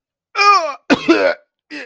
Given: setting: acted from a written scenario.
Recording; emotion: vocal sound without words; disgust